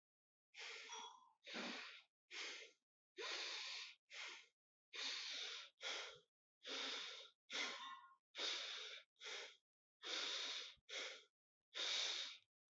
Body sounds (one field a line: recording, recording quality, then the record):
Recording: shallow breathing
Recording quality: moderate, slight background noise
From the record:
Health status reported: healthy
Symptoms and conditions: hypertension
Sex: male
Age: 50 years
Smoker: not ticked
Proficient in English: yes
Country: India